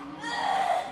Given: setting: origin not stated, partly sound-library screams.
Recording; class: one-second piece from a danger detection set; woman in danger